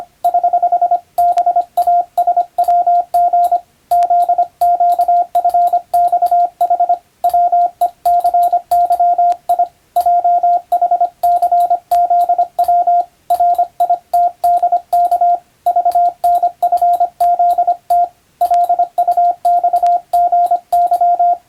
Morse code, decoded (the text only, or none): <HH> BASWG ZQFXH WECYI JHCZW RITDK VNFZT LUXGY